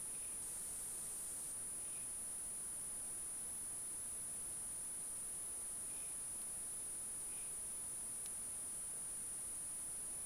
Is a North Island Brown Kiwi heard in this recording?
no